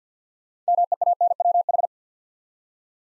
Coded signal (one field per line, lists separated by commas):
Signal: Morse code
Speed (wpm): 50 wpm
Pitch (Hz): 700 Hz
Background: none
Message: MEANWH